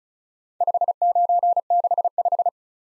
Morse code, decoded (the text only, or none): 5965